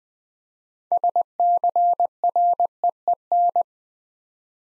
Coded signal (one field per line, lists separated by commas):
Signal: Morse code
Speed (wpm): 20 wpm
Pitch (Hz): 700 Hz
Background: none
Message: SCREEN